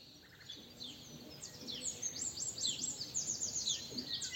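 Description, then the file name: Eurasian wren giving a fast, ringing series of high trilled notes that swells after the first second and runs to the end. "Troglodytes troglodytes"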